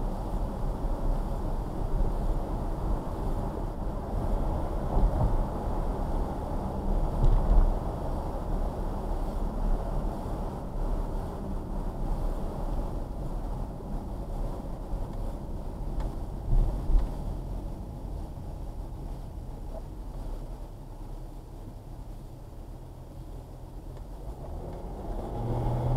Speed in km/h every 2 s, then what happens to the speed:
34, 35, 40, 42, 40, 35, 31, 29, 24, 16, 5, 3, 10.
0-7 speeds up to 42. 7-21 slows to 3.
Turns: none.